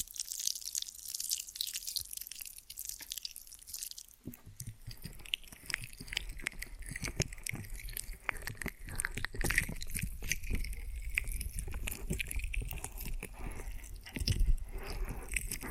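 Ear and scalp massage and cleaning: dense, crackly rubbing and scratching that never stops. The first four seconds are thin and hissy, then fuller rustling with soft low thumps takes over, growing a little louder around fourteen seconds.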